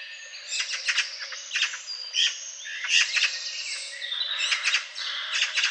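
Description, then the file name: Eurasian magpie making rough, rasping chatter in quick clusters, mixed with thin, high, whistled notes. "Pica pica"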